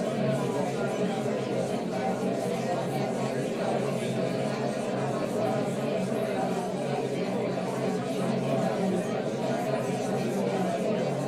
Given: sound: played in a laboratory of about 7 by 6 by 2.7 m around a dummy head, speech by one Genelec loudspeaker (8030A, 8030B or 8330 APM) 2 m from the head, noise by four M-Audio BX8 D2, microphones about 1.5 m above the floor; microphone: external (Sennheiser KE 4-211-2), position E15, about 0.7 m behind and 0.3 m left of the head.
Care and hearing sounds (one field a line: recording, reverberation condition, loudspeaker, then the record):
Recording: babble noise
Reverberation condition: low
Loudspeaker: four, about 170 cm from the corners of the room and facing them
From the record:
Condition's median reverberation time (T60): about 310 ms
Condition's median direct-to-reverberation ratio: about 3.5 dB